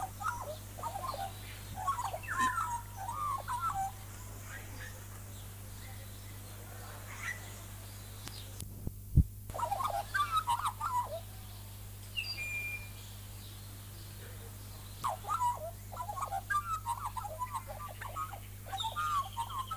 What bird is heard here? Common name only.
Australian Magpie